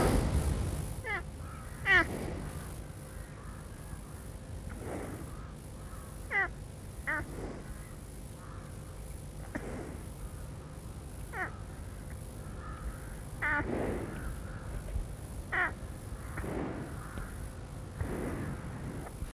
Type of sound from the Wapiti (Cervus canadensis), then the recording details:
call. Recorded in captivity. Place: Tierpark Berlin, Berlin, DE. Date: 1963-02-16 17:30. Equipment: Minifon, Kopie Smaragd. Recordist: Tembrock, Günter